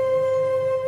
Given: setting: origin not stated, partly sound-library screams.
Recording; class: one-second piece from a danger detection set; normal situation